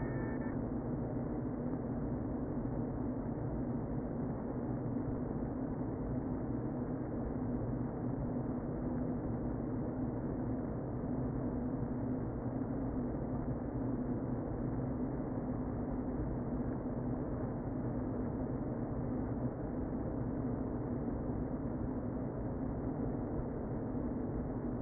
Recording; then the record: honeybee colony, microphone inside the hive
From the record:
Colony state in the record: queen present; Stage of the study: before two queens were removed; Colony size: about 60,000 bees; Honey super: yes